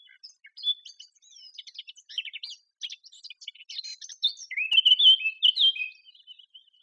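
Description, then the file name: Eurasian blackcap song: a scratchy, hurried run of twittering notes that builds into a louder, clear fluted flourish near the end. "Sylvia atricapilla"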